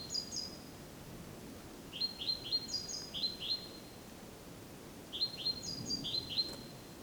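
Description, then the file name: Great tit calls arriving in three quick series of upswept chirps with thin higher notes, a soft click near the end. "Parus major"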